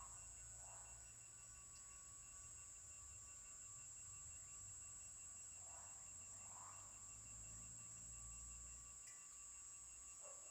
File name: Coro de cigarras longe final da rua inicio da noite grilos, sapos, cachorro